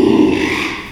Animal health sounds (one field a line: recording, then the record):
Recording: squeal of a Yucatan mini pig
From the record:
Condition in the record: after surgery on the right vocal fold (resection and tissue-engineered implant)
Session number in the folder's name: 1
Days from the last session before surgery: 6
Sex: male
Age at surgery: 12 weeks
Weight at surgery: 13 kg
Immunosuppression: cyclosporine, prednisolone